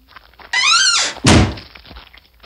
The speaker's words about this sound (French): Il plaça la pierre dans un grand coffre et le scella avec un énorme verrou.